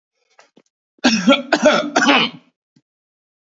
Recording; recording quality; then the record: heavy voluntary cough; excellent, no background noise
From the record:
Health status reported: healthy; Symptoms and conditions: none ticked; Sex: male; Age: 52 years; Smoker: yes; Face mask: not worn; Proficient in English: yes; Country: India